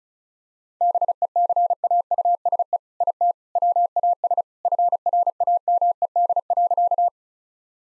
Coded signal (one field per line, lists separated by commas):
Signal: Morse code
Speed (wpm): 34 wpm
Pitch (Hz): 700 Hz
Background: none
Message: BECAUSE IT WAS FRAMED.